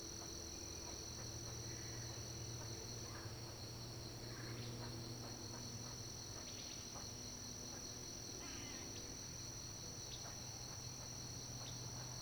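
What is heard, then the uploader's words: A recording made from the top of a fallen tree, filled with a steady, high insect or cricket drone that holds without a break. Underneath runs a low hum, and scattered short chirps and calls, possibly frogs, pop up every second or two. Recording from the top of a fallen tree.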